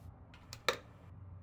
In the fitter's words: Refermez correctement le couvercle jusqu'à entendre le clac.